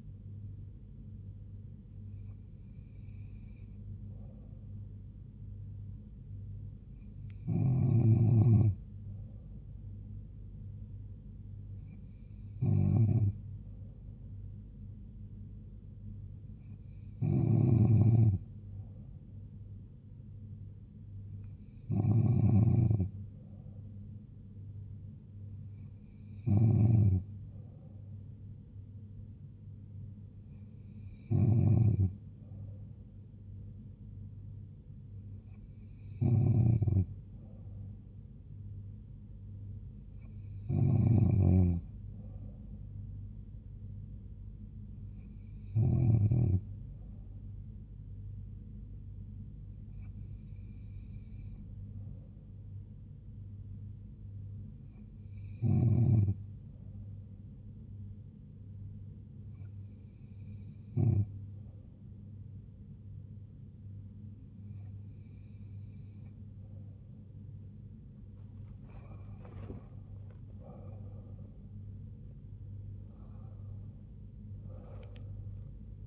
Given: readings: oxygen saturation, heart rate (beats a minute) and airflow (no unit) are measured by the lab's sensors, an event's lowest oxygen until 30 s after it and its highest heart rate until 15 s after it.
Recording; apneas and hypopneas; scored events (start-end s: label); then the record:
breathing in sleep by a smartphone at the bedside; none
68.00-76.07 s: new sleep stage, N2 (light sleep)
From the record:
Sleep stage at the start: N3 (deep sleep); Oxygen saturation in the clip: 94 to 95%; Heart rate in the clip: 70 to 82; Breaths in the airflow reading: 16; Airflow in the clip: -4.2 to 3.9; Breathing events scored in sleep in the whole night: 158 in 7.3 hours asleep